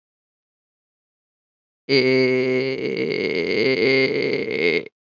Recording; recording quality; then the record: sustained vowel as in made; excellent, no background noise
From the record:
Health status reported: respiratory illness, not identified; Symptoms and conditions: asthma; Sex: male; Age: 22 years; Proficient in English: yes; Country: United States